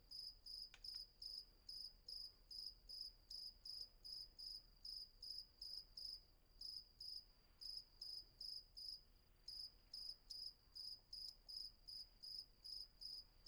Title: Patmos, Vagia, Griechenland - Nachtsimmung 03, Grillen